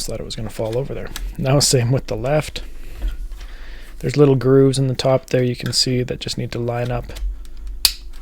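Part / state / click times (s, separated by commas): VR controller into plastic extension grip handle / seated / 7.8 s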